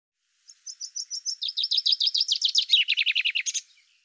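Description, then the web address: Common chaffinch song: a brisk run of high chips that descends in pitch through several trilled phrases and ends in a short flourish, with no other sounds. "Deverinetal 2025 File cleaned normalized Bird Fr Co"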